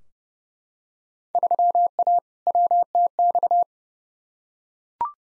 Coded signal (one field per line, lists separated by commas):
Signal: Morse code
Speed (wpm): 30 wpm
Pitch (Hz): 700 Hz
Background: none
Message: 3A WTX